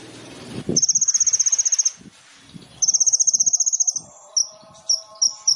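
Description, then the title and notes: Sunbird song: two long rapid high trills, then scattered sharp high chirps, over low rustling background sounds. Indonesian masteran training recording for songbirds; described as full of varied notes (isian) and bursts (tembakan), suited as a lure (pancingan); bird described as gacor (singing vigorously). "MASTERAN KOLIBRI NINJA TERBAIK FULL ISIAN DAN TEMBAKAN MEWAH COCOK BUAT PANCINGAN. Suara Burung Kolibri Ninja Gacor"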